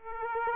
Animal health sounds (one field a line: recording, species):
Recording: mosquito wingbeat signal from an infrared sensor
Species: Aedes aegypti